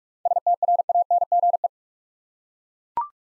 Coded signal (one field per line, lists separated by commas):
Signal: Morse code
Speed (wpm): 42 wpm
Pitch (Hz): 700 Hz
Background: none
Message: STRANGE